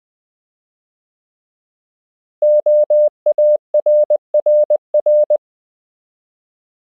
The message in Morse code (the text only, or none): OARRR